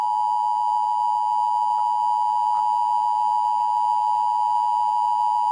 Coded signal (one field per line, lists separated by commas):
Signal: Emergency Alert System (SAME) tones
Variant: 853 and 960 Hz attention tone